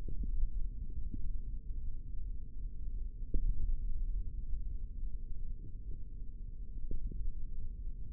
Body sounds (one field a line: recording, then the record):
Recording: forearm muscle sounds (acoustic myography)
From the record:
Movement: index flexion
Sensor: system 3, bracelet of six PUI Audio POM-2738L microphones around the upper forearm, with dedicated amplification and filtering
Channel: 3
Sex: male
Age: 25 years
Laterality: right